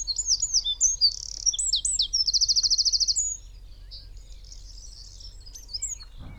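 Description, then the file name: Eurasian wren song: loud, rapid high notes and warbled phrases tumbling into a fast buzzy trill near the middle, then fading to quiet with scattered faint chirps. "Troglodytes troglodytes"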